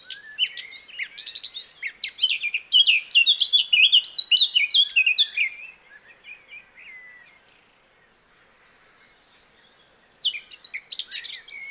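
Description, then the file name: Eurasian blackcap song: about six seconds of fast, jumbled warbling with sharp chirps, a lull with faint soft notes, then the warble starts again. "Sylvia atricapilla"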